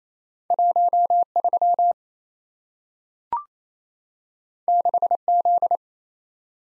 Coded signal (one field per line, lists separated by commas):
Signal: Morse code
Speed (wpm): 28 wpm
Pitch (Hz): 700 Hz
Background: none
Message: 13 6Z